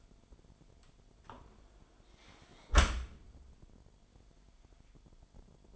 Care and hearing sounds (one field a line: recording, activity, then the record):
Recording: daily activity, microphone in the room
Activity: close dishwasher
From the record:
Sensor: 5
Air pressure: 998.3 hPa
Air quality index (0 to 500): 88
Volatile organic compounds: 2 ppm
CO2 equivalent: 996 ppm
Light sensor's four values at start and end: 20/46/19/21 and 19/46/19/21